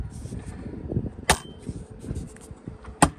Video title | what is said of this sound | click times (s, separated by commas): RAV4 side step install 4K | snap through you want to make sure that they're all clicked through | 1.3 s, 3.0 s